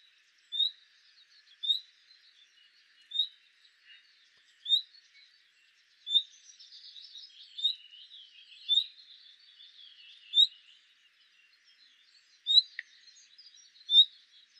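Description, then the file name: Common nightingale repeating short whistled call notes every one to two seconds, with a burst of chattering bird song midway and a faint steady hum. "Luscinia megarhynchos"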